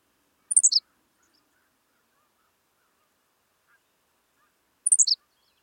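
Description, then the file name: Henslow's sparrow song: two brief, very high, hiccuping descending phrases of a few quick notes, about four seconds apart, in quiet surroundings. "Ammodramus henslowii - Henslow's Sparrow"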